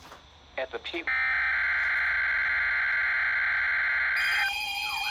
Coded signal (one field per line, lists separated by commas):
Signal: Emergency Alert System (SAME) tones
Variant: header bursts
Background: speech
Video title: Required weekly tests (EAS 2322-2323)